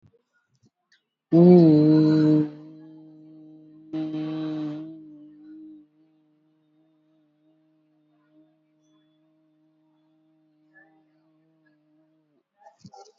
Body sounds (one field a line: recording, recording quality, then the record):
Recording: sustained vowel as in boot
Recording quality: excellent, no background noise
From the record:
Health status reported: COVID-19 positive, moderate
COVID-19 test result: positive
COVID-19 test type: RT-PCR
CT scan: not taken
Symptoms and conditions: sore throat, muscle pain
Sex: female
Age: 34 years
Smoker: no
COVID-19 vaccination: one dose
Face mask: worn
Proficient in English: yes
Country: India